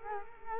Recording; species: mosquito wingbeat signal from an infrared sensor; Culex quinquefasciatus